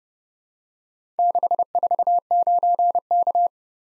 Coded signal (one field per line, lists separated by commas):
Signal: Morse code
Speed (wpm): 30 wpm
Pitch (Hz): 700 Hz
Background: none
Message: 649K